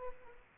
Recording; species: mosquito wingbeat signal from an infrared sensor; Culex pipiens